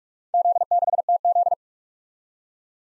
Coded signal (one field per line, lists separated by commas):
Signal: Morse code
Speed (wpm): 42 wpm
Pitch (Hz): 700 Hz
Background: none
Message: Z6TZ